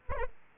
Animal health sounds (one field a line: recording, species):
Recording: mosquito wingbeat signal from an infrared sensor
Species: Aedes aegypti